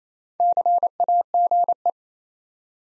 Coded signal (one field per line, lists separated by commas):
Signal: Morse code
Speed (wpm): 28 wpm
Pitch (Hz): 700 Hz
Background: none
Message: CAGE